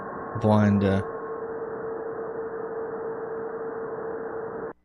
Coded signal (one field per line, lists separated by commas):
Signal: PSK31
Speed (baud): 31.25 baud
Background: speech